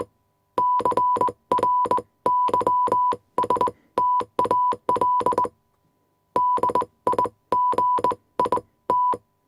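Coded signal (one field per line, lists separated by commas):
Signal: Morse code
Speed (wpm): 20 wpm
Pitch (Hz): 990 Hz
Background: none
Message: CRYSTAL DIGIT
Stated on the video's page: Morse code transmission sound effect.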